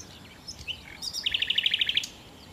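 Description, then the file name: Common nightingale singing short slurred notes that lead into a rhythmic run of loud repeated notes in quick succession. "Nachtigall"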